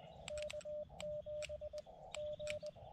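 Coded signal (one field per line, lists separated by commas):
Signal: Morse code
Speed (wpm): 20 wpm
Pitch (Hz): 600 Hz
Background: none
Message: K7G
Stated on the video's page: Morse from SOTA summit activations in Arizona's White Mountains.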